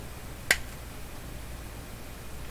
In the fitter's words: kind of clicks into place, but I don't think it's really clicking into any particular place.